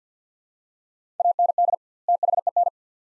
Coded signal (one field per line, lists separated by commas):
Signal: Morse code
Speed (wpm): 46 wpm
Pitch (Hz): 700 Hz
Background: none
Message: AND THEN